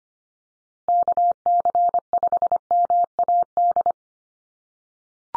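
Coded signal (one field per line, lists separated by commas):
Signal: Morse code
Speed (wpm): 25 wpm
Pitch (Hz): 700 Hz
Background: none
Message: KC5MAD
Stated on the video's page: Morse code drill at 25 wpm: USA call signs each sent three times for head-copy practice, then spoken, then sent again.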